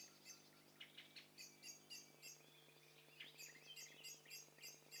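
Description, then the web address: A crowd of birds chirping and trilling together, quick high notes tumbling over one another, with a constant low hum underneath. Stereo mixture of several birds calling together. "Hi Fi STEREO BIRD COCKTAIL PARTY Challenge SBCP TESTSET HDBird Cocktail Party"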